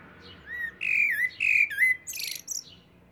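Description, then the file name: Common blackbird song with loud mellow wavering whistles followed by a brief harsh high twitter. "Turdus merula"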